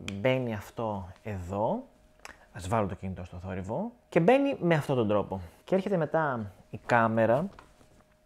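An action camera (GoPro Hero 10/11 Black) is being handled onto a GoPro Gumby flexible tripod mount, to be pushed onto the mount's buckle. Someone talks throughout, with small faint handling noises near the end at 8.0 and 8.3 seconds. Nothing has seated or clicked yet; the clip ends just before the camera goes home.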